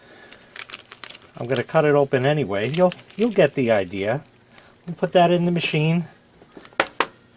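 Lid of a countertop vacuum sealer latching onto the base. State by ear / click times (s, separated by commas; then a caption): seated / 6.8 s, 7.0 s. A bag end is placed into a Kejector countertop vacuum sealer and the plastic lid is closed and pressed down onto the base while someone talks. After a few soft rustling taps early on, two loud sharp clicks at 6.8 s and 7.0 s mark the lid latching shut, seated and locked.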